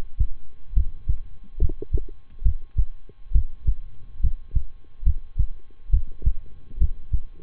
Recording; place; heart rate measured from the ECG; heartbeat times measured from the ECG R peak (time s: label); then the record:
heart sounds by stethoscope; between the tricuspid and mitral areas; 69 bpm
0.73 s: heartbeat
1.58 s: heartbeat
2.42 s: heartbeat
3.31 s: heartbeat
4.20 s: heartbeat
5.03 s: heartbeat
5.90 s: heartbeat
6.77 s: heartbeat
From the record:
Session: rest, lying down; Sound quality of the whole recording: good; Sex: male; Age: 23 years